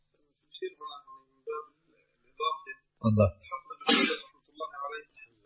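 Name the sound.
sneeze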